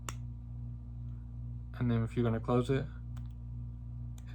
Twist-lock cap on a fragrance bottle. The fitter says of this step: You twist it and it locks. It pops down. And then you can hear it click.